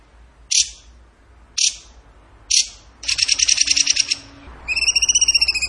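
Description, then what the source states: Bird song: three sharp high chips about a second apart, then a fast rattling trill and a series of clear, slightly wavering whistled notes. Masteran (training recording) of a bird singing in the tembakan gacor style.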